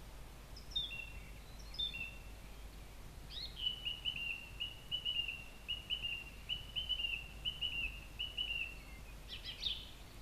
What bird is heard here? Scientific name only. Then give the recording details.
Turdus philomelos. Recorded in the wild. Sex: male. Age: adult. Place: Treffen am Ossiacher See, Ossiachersee, Kärnten, AT. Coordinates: 46.67, 13.942. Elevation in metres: 550. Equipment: Hornyphon, Phillips Mikrofon. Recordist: Brunner, Thomas. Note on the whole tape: Kurz vor Ostern 1963, oberhalb des Hansbauerschuppens aufgenommen